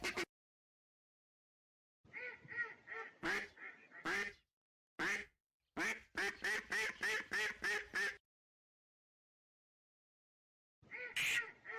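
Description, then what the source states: Ducks quacking: loud, harsh quacks in bursts, including a fast run of several quacks, separated by long silent gaps. Migratory ducks, male and female.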